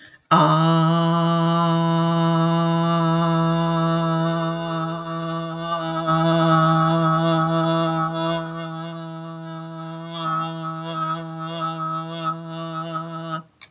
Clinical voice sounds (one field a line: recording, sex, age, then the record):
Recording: vowel held as long as possible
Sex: female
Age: 50 to 59 years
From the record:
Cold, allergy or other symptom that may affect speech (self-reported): no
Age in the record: 56 years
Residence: Pennsylvania, United States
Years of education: 16